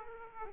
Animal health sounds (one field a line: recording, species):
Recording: mosquito wingbeat signal from an infrared sensor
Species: Aedes aegypti